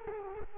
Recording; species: mosquito wingbeat signal from an infrared sensor; Culex quinquefasciatus